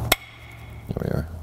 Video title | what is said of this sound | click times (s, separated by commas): How To Replace A Clutch and Flywheel Mini Cooper S (R56) | sort of clicked into place | 0.1 s